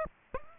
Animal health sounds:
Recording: mosquito wingbeat signal from an infrared sensor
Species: Aedes aegypti

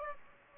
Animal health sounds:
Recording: mosquito wingbeat signal from an infrared sensor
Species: Aedes aegypti

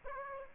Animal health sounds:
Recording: mosquito wingbeat signal from an infrared sensor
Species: Aedes aegypti

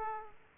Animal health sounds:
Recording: mosquito wingbeat signal from an infrared sensor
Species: Aedes aegypti

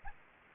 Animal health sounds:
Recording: mosquito wingbeat signal from an infrared sensor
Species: Aedes aegypti

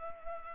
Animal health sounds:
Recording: mosquito wingbeat signal from an infrared sensor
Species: Culex pipiens

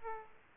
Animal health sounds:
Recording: mosquito wingbeat signal from an infrared sensor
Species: Aedes aegypti

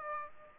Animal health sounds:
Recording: mosquito wingbeat signal from an infrared sensor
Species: Aedes aegypti

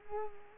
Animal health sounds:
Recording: mosquito wingbeat signal from an infrared sensor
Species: Culex quinquefasciatus

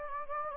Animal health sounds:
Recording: mosquito wingbeat signal from an infrared sensor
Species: Anopheles gambiae

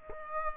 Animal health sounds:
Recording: mosquito wingbeat signal from an infrared sensor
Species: Aedes aegypti

